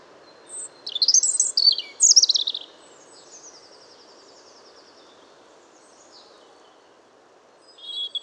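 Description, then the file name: European robin song: two bright, rapid rising-and-falling warbled phrases, then a faint thin trill and a long pause before a new phrase begins. "Erithacus rubecula"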